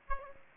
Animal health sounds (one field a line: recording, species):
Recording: mosquito wingbeat signal from an infrared sensor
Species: Aedes aegypti